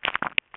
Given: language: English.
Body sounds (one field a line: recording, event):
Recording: throat vibration sensor signal played as sound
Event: swallow